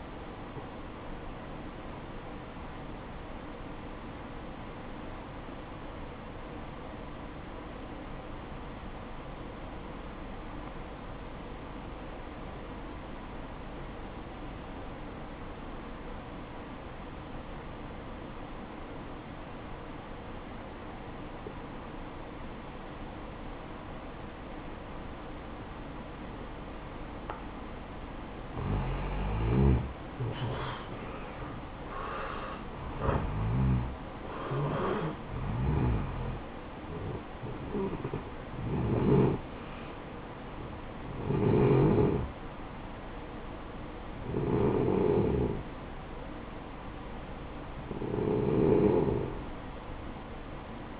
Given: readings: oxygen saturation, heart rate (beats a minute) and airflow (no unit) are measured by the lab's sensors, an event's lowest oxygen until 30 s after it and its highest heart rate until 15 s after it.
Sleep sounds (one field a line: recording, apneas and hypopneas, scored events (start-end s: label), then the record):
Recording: breathing in sleep by a voice recorder at the bedside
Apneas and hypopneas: 1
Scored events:
3.00-33.00 s: new sleep stage, N2 (light sleep)
5.00-27.30 s: obstructive apnea (N2, oxygen 95% highest, then 88% lowest, heart rate 57 at the start, 74 highest)
33.00-51.00 s: new sleep stage, N1 (lightest sleep)
From the record:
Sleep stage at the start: N1 (lightest sleep)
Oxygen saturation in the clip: 89 to 95%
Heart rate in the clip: 55 to 74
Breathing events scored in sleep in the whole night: 573 in 9.8 hours asleep